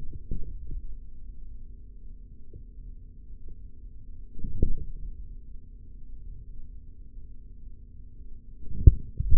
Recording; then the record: forearm muscle sounds (acoustic myography)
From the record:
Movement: forearm pronation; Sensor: system 3, bracelet of six PUI Audio POM-2738L microphones around the upper forearm, with dedicated amplification and filtering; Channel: 4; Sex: male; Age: 43 years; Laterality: right